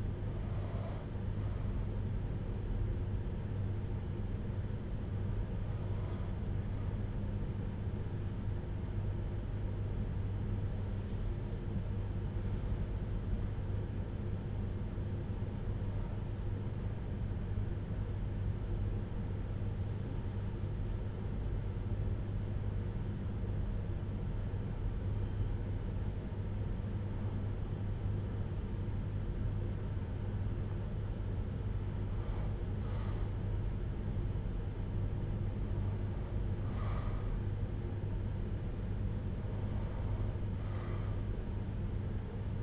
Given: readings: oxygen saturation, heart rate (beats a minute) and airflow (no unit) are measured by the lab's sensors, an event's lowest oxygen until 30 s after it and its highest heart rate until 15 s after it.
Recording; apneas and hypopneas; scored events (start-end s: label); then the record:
breathing in sleep by a smartphone at the bedside; 1
4.00-33.10 s: hypopnea (REM, oxygen 97% highest, then 94% lowest, heart rate 55 at the start, 75 highest)
From the record:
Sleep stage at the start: REM sleep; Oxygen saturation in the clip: 88 to 97%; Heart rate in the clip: 52 to 89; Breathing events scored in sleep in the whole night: 310 in 8.1 hours asleep